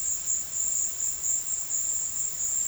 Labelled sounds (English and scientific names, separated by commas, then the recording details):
none
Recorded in secondary vegetation near Puerto Asís, Putumayo, Colombia, on 4 March 2025 at 14:30
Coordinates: 0.484, -76.319
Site G010